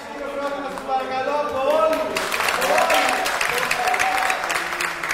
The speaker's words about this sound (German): Einen großen Applaus für uns alle.